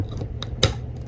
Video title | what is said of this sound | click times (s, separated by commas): PS4 Controller Drift, Smash It Or Fix It?!? | hear the snap there | 0.6 s